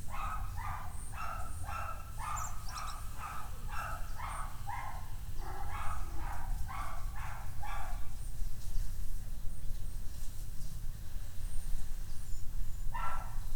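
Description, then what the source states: Dog barking rapidly for about eight seconds, then quieter with a last bark at the end, over low background rumble. Dogs barking on the Escalera Morrison stairway, Valparaíso; recorded with a Tascam DR-100mk II.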